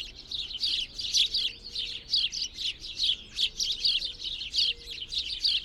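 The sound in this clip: Birdsong made of quick, sharp chirps in pulsing bursts at an uneven rhythm.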